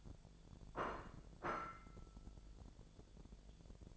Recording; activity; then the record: daily activity, microphone in the room; place plate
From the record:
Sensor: 5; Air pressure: 1000.3 hPa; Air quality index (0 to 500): 120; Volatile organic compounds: 1 ppm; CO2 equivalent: 952 ppm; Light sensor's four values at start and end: 103/243/104/112 and 102/242/103/112